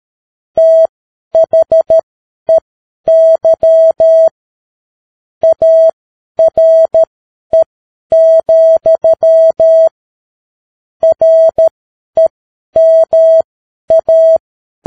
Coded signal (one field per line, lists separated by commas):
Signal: Morse code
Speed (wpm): 13 wpm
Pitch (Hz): 650 Hz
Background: none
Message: THEY ARE, REMA